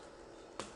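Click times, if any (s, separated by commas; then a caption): 0.6 s. A closed-fist interchangeable plastic hand is pushed onto the wrist peg of a Hasbro Star Wars: The Black Series "HyperReal" Darth Vader plastic action figure. Against a steady low background, a single short, sharp snap is heard at 0.6 s as the hand pops onto the peg. The hand is seated.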